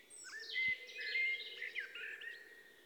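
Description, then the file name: Common blackbird giving a dense, continuous warble of whistled notes mixed with scratchy higher twitters, and a steady low hum underneath. "Turdus merula"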